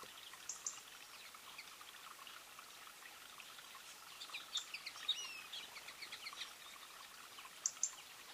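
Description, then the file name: European robin giving sharp, high ticking calls, a pair early, a few in the middle and another pair near the end, over a busy background of bird chatter. "Erithacus rubecula"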